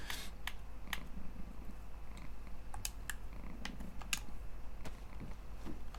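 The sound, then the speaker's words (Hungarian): A cat named Oberon, lying in front of a computer monitor, purrs in a steady, low, rhythmic rumble that rises and falls with each breath, while sharp clicks like keyboard taps scatter irregularly over it. No one speaks. “egyébként megnyugodott a cica, Oberon hívják egyébként a cicát, és most ide telepedett mellém, konkrétan, és itt fekszik a monitor előtt, és így darombol.”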